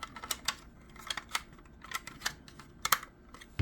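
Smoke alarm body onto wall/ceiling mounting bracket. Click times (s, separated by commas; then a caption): 2.8 s, 2.9 s. A plastic smoke alarm is lined up on its screwed-on plastic mounting bracket on the wall or ceiling and turned until it locks. A series of light plastic ticks and scrapes comes first. Then it clicks in at 2.9 s and 2.9 s, seating the alarm fully on the bracket.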